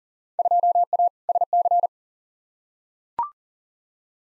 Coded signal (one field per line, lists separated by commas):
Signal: Morse code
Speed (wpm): 40 wpm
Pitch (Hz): 700 Hz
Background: none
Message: 2A SC